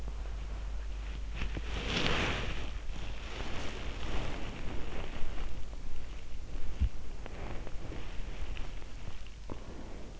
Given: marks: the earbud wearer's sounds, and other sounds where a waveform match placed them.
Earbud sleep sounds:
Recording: sounds in sleep by an in-ear microphone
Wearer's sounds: body movement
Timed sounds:
0.00-10.20 s: body movement

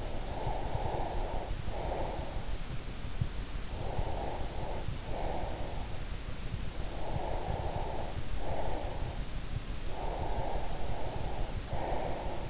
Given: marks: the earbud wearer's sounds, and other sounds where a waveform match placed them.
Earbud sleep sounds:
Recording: sounds in sleep by an in-ear microphone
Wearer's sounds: breath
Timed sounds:
0.00-2.55 s: breath
3.73-5.93 s: breath
6.77-9.16 s: breath
9.89-12.50 s: breath

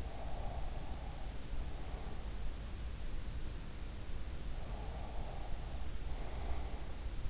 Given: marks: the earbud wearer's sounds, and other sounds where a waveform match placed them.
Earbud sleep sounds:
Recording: sounds in sleep by an in-ear microphone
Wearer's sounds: breath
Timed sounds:
0.00-2.64 s: breath
4.72-7.20 s: breath

